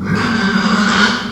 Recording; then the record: squeal of a Yucatan mini pig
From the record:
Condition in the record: after surgery on the right vocal fold (resection and tissue-engineered implant); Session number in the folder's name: 16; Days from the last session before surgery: 183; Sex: female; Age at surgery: 19 weeks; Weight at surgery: 25 kg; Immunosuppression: prednisolone